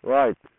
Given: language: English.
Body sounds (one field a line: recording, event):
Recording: throat vibration sensor signal played as sound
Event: speech